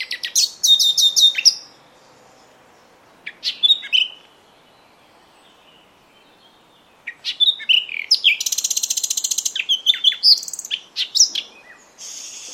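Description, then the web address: Bird calling in high chirps: a fast stuttering burst, then scattered sharp notes, a long quiet gap, and a busy stretch of buzzy trills and tweets. "cianscape. Deverinetal 2025. Bird Only"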